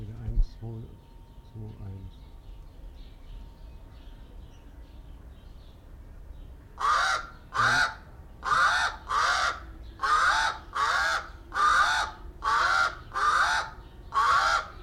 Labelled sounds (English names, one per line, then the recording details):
Pied Crow call
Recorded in captivity
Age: adult
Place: Zoo Berlin, Berlin, DE
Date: 1993-07-17 12:51
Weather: wolkig, 22°C
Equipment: Marantz CP 430, Sennheiser ME 80, Kopie Uher Variocord 263
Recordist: Tembrock, Günter
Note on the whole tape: Rufe von 3 Exemplaren